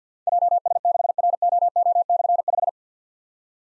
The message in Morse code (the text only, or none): JS6ROO/5